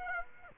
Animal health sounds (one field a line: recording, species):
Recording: mosquito wingbeat signal from an infrared sensor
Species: Aedes aegypti